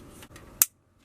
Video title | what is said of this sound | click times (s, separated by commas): How To Change & Upgrade The Window Switch On A 2017 Toyota Rav4 (4th Gen Models Only) | Always listen for the click sound. There it is. | 0.6 s